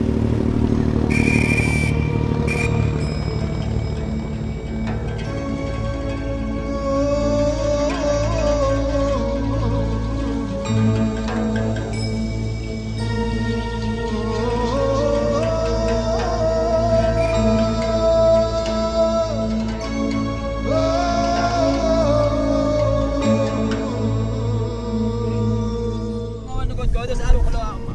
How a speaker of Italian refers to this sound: imbarcazioni tradizionali dove la vela è stata sostituita dai motori che ronzano senza posa